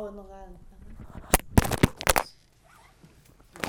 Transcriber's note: disturbance to the microphone